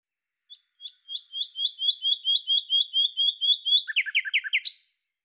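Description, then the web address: Bird giving a clean series of high, evenly spaced notes that speed up and grow louder, ending in a few quick falling double notes; no other sounds. "Deverinetal 2025"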